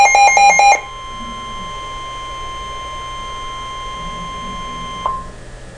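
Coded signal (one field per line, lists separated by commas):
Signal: Emergency Alert System (SAME) tones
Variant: 1050 Hz attention tone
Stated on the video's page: Severe Thunderstorm Warning tones recorded with a webcam.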